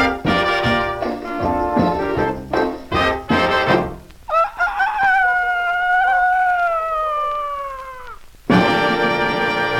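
Brassy music with punchy chords stops for a single long, wavering rooster crow that slowly falls in pitch over about four seconds, then the band comes back in loudly.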